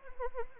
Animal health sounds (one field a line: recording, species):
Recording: mosquito wingbeat signal from an infrared sensor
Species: Anopheles arabiensis